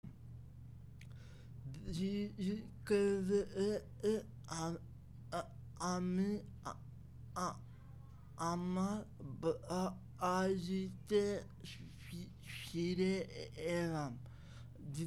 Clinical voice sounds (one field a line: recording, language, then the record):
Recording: elicited speech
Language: Bengali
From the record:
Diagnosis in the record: Broca's or global aphasia after a stroke